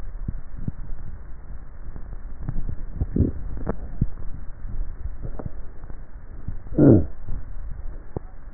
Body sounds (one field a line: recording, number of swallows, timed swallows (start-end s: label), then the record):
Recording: swallowing sounds by neck microphone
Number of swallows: 3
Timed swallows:
3.00-4.63 s: swallow
4.90-5.53 s: swallow
7.50-8.03 s: swallow
From the record:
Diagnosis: dysphagia